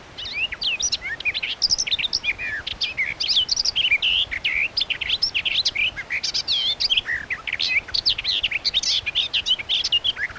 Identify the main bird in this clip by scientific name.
Sylvia borin